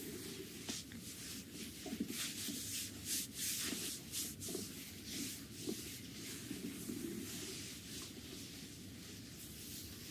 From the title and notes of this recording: ASMR Visceral Abdominal Massage.